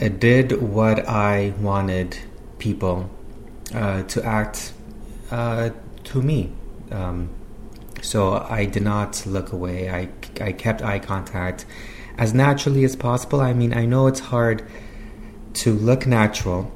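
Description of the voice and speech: Adult man who stutters speaks with long mid-phrase silent pauses and stretched sounds, fitting stuttering blocks and prolongations. His stuttering varies from light to severe, with blocking on syllables when emotional.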